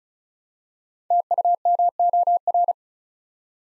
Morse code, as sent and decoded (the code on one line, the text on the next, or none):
- ..- -- --- .-.
TUMOR